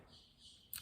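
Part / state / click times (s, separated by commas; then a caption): insulin cartridge into insulin pump / seated / 0.7 s. An insulin cartridge is pressed firmly into a Tandem insulin pump with its protective case on, after first sitting not fully inserted even though it looked in line with the case. Over quiet low background noise, a single sharp, hard click at 0.7 s marks the cartridge snapping home and stepping down into place, fully seated.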